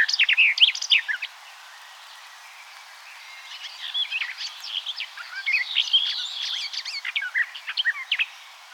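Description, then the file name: Eurasian blackcap song: a short, loud jumble of varied notes, a pause, then a stream of rapid varied twitters to the end. "Sylvia atricapilla"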